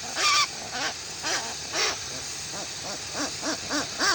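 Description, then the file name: Westland petrel calls: scattered harsh, arched notes with uneven gaps, some louder and breathier, over a hissing background. "westland black petrel song"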